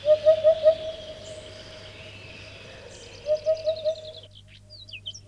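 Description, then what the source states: Eurasian hoopoe song: two bursts of four soft, low 'oop' notes about three seconds apart, with another bird's twittering song high above. Muffled voice; rarely heard near Moscow but very common a little further south.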